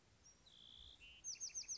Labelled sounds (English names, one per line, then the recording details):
Bewick's Wren
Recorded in Sonoma County, California